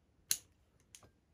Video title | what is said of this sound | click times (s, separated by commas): Unboxing Singer 170th anniversary handcrank red review | the hands wheel engages here with this little pin it should lock into | 0.3 s